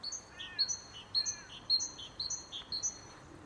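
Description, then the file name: Great tit repeating a bright two-part phrase, high whistle then lower note, roughly twice a second, with a faint lower chirp early on. "Parus major"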